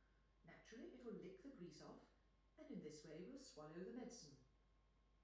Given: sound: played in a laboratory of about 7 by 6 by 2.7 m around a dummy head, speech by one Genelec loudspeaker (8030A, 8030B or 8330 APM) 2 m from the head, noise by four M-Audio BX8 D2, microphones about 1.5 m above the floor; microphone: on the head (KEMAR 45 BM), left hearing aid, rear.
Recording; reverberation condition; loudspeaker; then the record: female speech in English; medium; 60 degrees to the right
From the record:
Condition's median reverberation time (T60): about 510 ms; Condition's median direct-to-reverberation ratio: about -0.5 dB